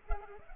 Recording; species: mosquito wingbeat signal from an infrared sensor; Culex pipiens